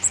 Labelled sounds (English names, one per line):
Blue-winged Warbler flight call